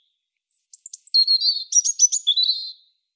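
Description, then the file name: European robin song: one phrase opening with a thin, high drawn note, then tumbling warbles and quick trilled notes dropping to a lower twitter, on a silent background. "Erithacus rubecula"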